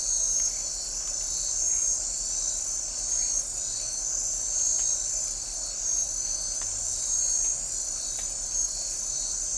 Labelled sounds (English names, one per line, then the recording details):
none
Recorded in forest near Pivijay, Magdalena, Colombia, on 1 June 2023 at 20:30
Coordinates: 10.467, -74.380
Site Z5-G034